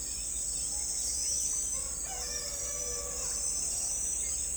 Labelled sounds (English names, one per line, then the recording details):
none
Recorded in forest near Pivijay, Magdalena, Colombia, on 2 June 2023 at 05:30
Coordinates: 10.467, -74.380
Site Z5-G034